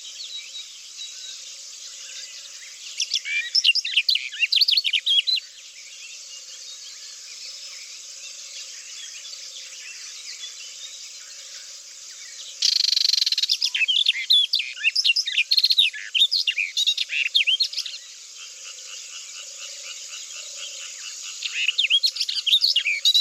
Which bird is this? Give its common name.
Barred Warbler